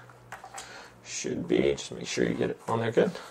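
The removable brush roll of a Powerffy cordless stick vacuum's floor head is handled as it is being put back into its plastic housing after cleaning, with faint handling noises near the start while someone talks. Nothing has seated or clicked yet when the clip ends.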